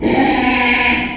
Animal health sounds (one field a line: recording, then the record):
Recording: squeal of a Yucatan mini pig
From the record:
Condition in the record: after surgery on the right vocal fold (resection and tissue-engineered implant)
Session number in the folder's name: 2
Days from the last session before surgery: 13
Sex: male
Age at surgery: 12 weeks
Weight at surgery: 13 kg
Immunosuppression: cyclosporine, prednisolone